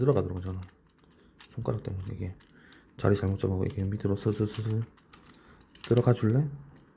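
A plastic part of a Mini 4WD kit is pushed by hand toward its place in the model car chassis while someone talks. Brief small handling ticks are heard near 5.1, 5.3 and 5.8 seconds. Nothing has seated or clicked yet.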